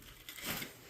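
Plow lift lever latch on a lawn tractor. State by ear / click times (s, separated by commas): not seated / none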